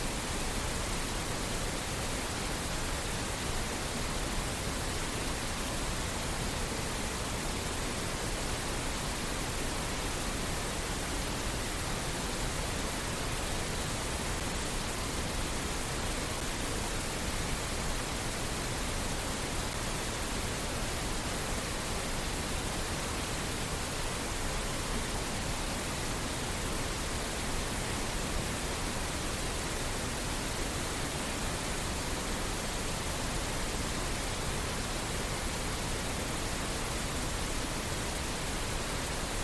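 Pink noise hisses steadily for the whole clip, a dense, even rush with no events or changes in level. It leans slightly fuller in the low and middle range than white noise, with a soft, rushing quality like falling water.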